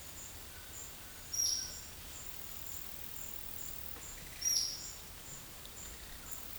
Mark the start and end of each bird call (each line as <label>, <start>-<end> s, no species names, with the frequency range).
bird call (3.8-6.1 kHz), 1.26-1.80 s
bird call (3.7-6.3 kHz), 4.33-4.68 s